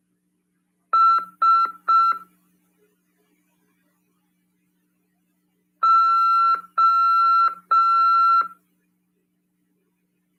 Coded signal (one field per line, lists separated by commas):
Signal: Morse code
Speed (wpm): 5 wpm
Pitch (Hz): 1350 Hz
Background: none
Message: SO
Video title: RADIOAMADOR 1ªEd. 17/1/2023 "AULA 5 CW, LEGIS e C.RODADA" PY2EXU PAULO SP/SP CRASP FM 146.410 Mhz.